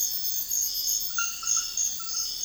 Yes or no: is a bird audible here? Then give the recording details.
no. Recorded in secondary vegetation near Puerto Asís, Putumayo, Colombia, on 4 March 2025 at 04:30. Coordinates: 0.498, -76.327. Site G001